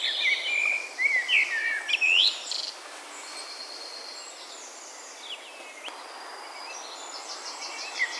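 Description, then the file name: Common blackbird song: a few clear, looping whistled notes near the start, then quieter high twittering. "Turdus merula"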